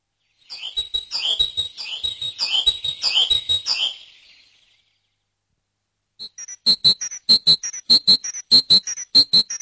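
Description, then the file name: Great tit calls: a wavering chatter of high notes for about four seconds, then after a pause a quick, regular series of bright, clipped notes. "koolmees"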